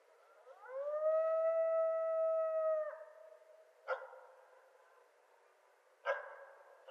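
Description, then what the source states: Coyote howl: a long steady tone rising at the start and held for about two seconds, then a few short sharp yelps spaced apart. Several coyotes recorded at night on 6 March 2013.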